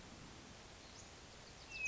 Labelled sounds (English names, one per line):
Hermit Thrush